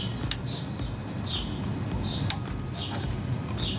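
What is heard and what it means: On a Kia Soul during a tune-up, the side lever on the ignition coil's electrical plug is pressed until it clicks open at 0.3 s, then the plug is pulled off the coil pack, releasing it. A second similar sharp click comes at 2.3 s over a steady low background hum, with faint high chirps repeating throughout.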